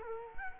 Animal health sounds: mosquito wingbeat signal from an infrared sensor; Culex quinquefasciatus

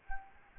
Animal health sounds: mosquito wingbeat signal from an infrared sensor; Anopheles arabiensis

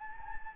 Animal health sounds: mosquito wingbeat signal from an infrared sensor; Anopheles gambiae

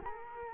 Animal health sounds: mosquito wingbeat signal from an infrared sensor; Culex quinquefasciatus

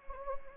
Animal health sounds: mosquito wingbeat signal from an infrared sensor; Anopheles gambiae

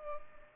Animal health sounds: mosquito wingbeat signal from an infrared sensor; Culex pipiens

